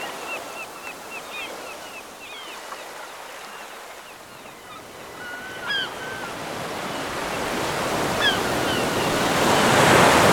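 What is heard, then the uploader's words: Night sounds by a lighthouse over the ocean: a soft wash of surf rises steadily across the clip, growing louder and brighter toward the end. Early on, quick repeated chirps from insects or birds tick along, with a few higher calls around six and eight seconds. Lighthouse at Night Nature Sounds. The sounds of a lighthouse over the ocean at night.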